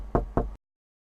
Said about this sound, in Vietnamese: thì bất chợt nghe có tiếng gõ cửa. Mở cửa, mở cửa.